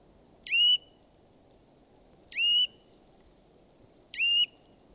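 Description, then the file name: Eurasian nuthatch giving three ringing whistled call notes, each falling sharply then flattening, spaced nearly two seconds apart against a soft low hum. "Sitta europaea"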